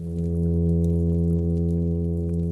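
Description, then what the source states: Plainfin midshipman fish hum: a steady, unbroken low drone with a stack of harmonics, holding one pitch throughout, with faint crackling above. Males calling from a nest under a rocky shelter to attract females; hum advertisement call made with the swim bladder; vocal at night; recorded underwater with a hydrophone placed by a nest.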